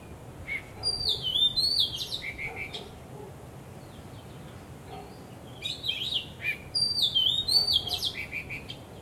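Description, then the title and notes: Bird song: two bright whistled phrases of high sweeping, falling notes about five seconds apart. Birds singing vigorously at Wu Kai Sha, Hong Kong, on 15 December 2006; recorded with AKG condenser microphones in XY stereo. "香港 烏溪沙 雀鳥勁唱歌 Date: 15 December 2006"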